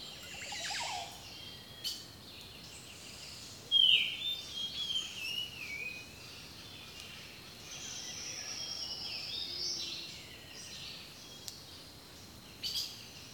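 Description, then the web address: Birds singing high whistles and chirps, a bright descending whistle early on, then drawn-out tones and scattered short notes over steady hiss. Rainforest birdsong. "The Natural Sounds of the Wilderness Echoes of Nature - Rainforest Birdsong"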